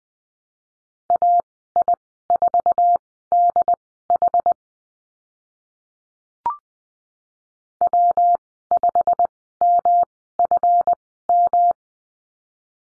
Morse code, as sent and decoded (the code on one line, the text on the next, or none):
.- .. ....- -.. .... / .-- ..... -- ..-. --
AI4DH W5MFM